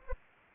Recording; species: mosquito wingbeat signal from an infrared sensor; Anopheles arabiensis